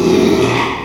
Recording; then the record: squeal of a Yucatan mini pig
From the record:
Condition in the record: after surgery on the right vocal fold (resection and tissue-engineered implant); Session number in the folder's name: 1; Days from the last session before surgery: 6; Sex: male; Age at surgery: 12 weeks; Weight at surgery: 13 kg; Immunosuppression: cyclosporine, prednisolone